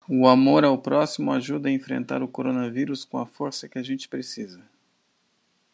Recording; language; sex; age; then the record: spoken sentence; Brazilian Portuguese; male; 50 to 59 years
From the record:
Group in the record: control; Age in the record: 59 years